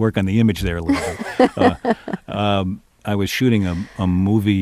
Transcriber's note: laughter